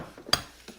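A Foting 4300 PSI, 2.8 GPM electric pressure washer's wand is clipped into the storage holder on the pressure washer body, with a sharp, bright click at 0.3 s followed by a softer knock at 0.7 s. The wand seats in the clip and is held tight.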